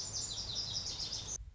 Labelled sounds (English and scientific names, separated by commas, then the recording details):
Lazuli Bunting (Passerina amoena)
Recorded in Sonoma County, California